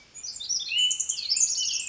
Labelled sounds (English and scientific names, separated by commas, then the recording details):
Pacific Wren (Troglodytes pacificus)
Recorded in Sonoma County, California